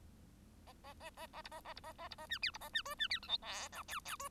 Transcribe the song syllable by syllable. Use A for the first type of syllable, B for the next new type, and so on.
A A A A A B A A B A A B A C D B A C E C D F G H I J J E